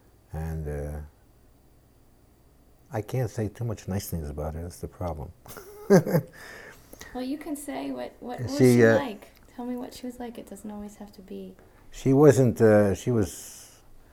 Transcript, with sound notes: And I can't say too much nice things about her. That's the problem. [Laughs]
Well you can say what, what was she like? Tell me what she was like. It doesn't always have to be —
She wasn't, she was,